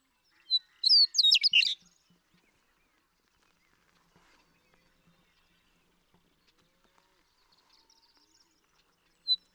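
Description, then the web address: Western meadowlark song: one loud phrase of bright whistles breaking into a liquid gurgle early on, followed by long near-silence with a single sharp note at the end. "birdsongforthecurious Western Meadowlark"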